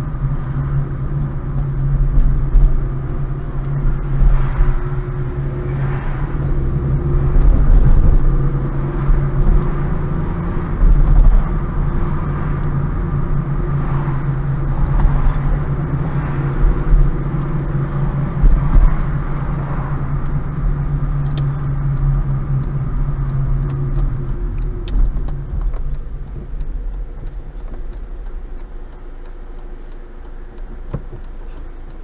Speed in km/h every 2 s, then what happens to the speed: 24, 24, 22, 27, 33, 33, 33, 29, 31, 29, 27, 24, 12, 5, 0, 0.
0-5 steady at about 24. 5-8 speeds up to 33. 8-17 steady at about 33. 17-27 slows to 0. 27-32 standing.